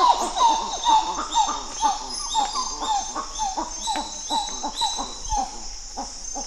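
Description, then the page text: Coppery titi monkey duet: clear, repeated falling notes with lower pumping grunts, roughly two per second, over a constant high-pitched drone. Duet by group 1, recorded 12 October 2018 at 06:27. "Plecturocebus cupreus. Gr 1 duet 20181012 062700"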